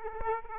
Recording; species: mosquito wingbeat signal from an infrared sensor; Aedes aegypti